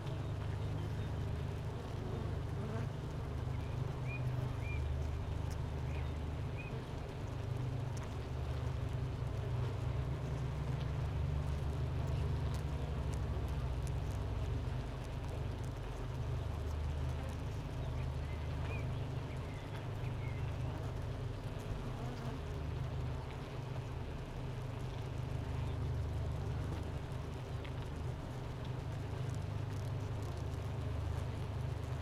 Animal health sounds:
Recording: honeybee colony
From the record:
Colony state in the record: missing queen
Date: 31 May 2018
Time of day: 10:13

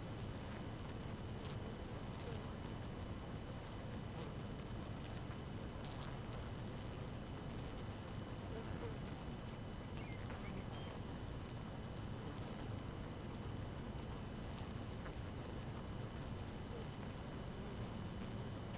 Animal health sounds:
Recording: honeybee colony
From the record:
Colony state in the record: active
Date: 12 June 2018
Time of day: 5:20

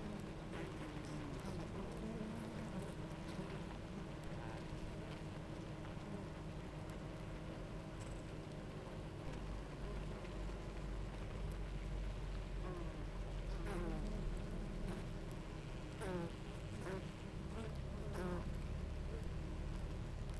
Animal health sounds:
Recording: honeybee colony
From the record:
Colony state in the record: active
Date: 28 July 2017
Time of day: 10:13

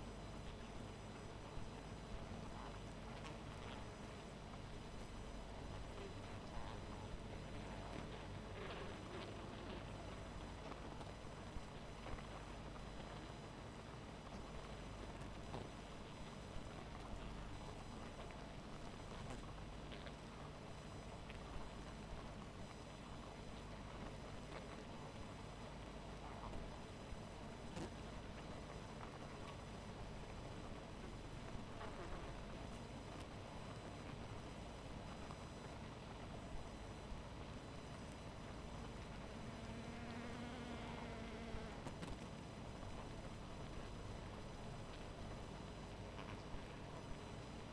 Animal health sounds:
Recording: honeybee colony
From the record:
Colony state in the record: missing queen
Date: 14 July 2017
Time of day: 0:23

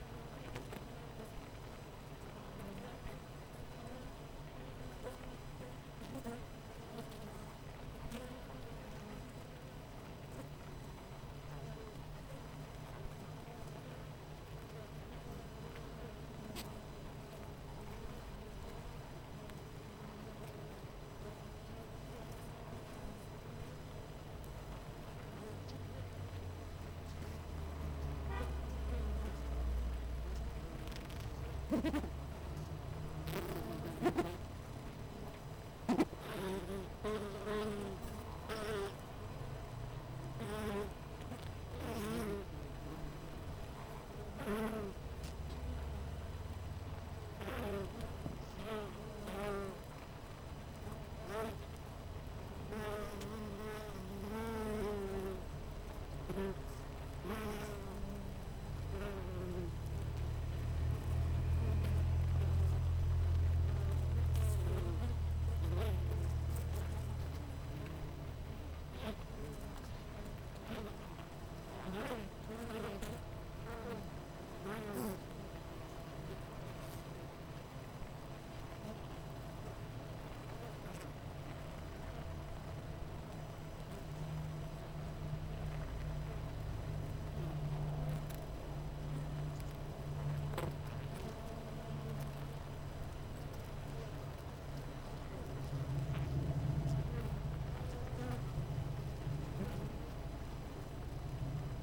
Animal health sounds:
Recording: honeybee colony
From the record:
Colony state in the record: missing queen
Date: 14 July 2017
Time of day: 7:55

